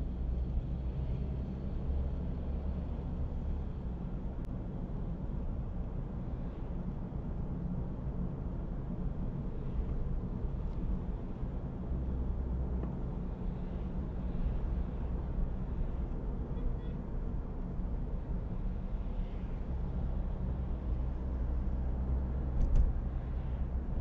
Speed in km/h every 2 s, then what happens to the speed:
32, 34, 37, 46, 48, 51, 53, 51, 52, 55, 56, 54.
0-11 speeds up to 53. 11-24 steady at about 53.